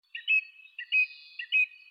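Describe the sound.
Bird calling in three quick bursts, each a short lower note followed by a brighter chirped phrase.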